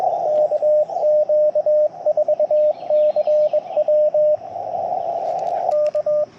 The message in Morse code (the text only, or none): KQ4CW K